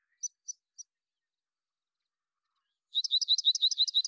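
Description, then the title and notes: Rock Wren giving three spaced high chips, a pause, then a quick rattling series of repeated metallic notes to the end. Long song sequence, natural pace and rhythm kept, isolated from a Double mid-side recording; Pacific Northwest, Washington, United States. "BIRDSong Wrens - Rock Wren. Rock Wren, Salpinctes obsoletus, long song sequence, isolated from Double mid-side original, natural pace and rhythm maintained Recorded in the beautiful Pacific Northwest, Washington, United States"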